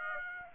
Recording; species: mosquito wingbeat signal from an infrared sensor; Aedes aegypti